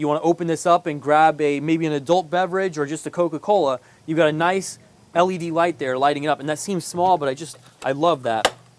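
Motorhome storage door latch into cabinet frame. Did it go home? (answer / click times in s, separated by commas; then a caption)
no / none. A man talks throughout as a storage compartment door with an LED light inside, on a 2012 Newmar Essex 4544 motorhome, is handled against its cabinet frame. The door is meant to snap back into its catch so it doesn't fly around, but nothing has seated or clicked yet when the clip ends.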